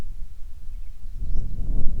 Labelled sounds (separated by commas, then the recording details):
songbird, wind
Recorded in the Prudhoe Bay oil fields, Alaska, on 10 July 2019 at 09:27
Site 11